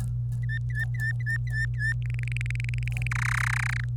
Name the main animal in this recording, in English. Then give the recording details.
Domestic Canary. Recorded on 25 April 2018 at 17:49. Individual llb3